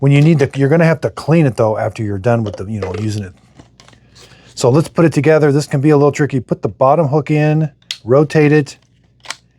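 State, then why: Seated. Someone talks while the plastic dirty-water tank of a cordless Shark StainForce spot cleaner is hooked in at the bottom and rotated up into the cleaner's body. A sharp click at 9.3 s marks the tank latching into place, and it is seated.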